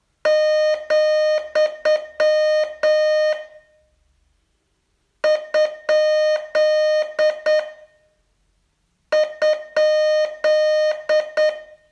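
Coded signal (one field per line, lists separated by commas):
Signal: Morse code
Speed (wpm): 9 wpm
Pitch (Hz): 610 Hz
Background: none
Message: , ? ?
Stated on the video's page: Morse training lesson, day 37 of a 42-day course.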